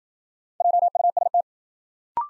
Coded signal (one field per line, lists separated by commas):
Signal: Morse code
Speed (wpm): 52 wpm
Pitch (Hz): 700 Hz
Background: none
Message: JUST